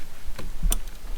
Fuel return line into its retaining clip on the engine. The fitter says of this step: There we go, I can hear it click.